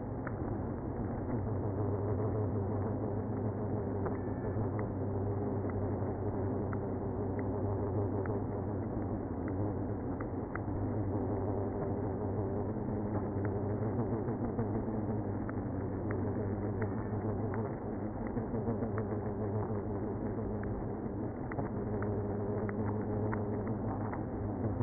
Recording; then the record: honeybee colony, microphone inside the hive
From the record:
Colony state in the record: queenless (queen removed); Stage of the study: after two queens were removed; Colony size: about 60,000 bees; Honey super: yes